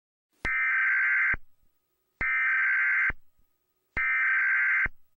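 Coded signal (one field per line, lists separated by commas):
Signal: Emergency Alert System (SAME) tones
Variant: header bursts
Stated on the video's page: Fictional simulated EAS scenario.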